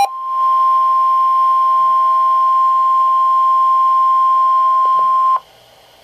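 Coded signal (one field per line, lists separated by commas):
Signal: Emergency Alert System (SAME) tones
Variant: 1050 Hz attention tone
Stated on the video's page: Severe thunderstorm watches and warnings received off NOAA Weather Radio station KEC83; a malfunction sent the same watch twice.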